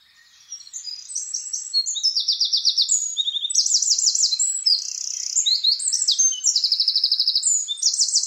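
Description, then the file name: Eurasian wren song: a fast outpouring of high trills and buzzy rattles, each phrase rapidly repeated, running almost continuously throughout. "Troglodytes troglodytes"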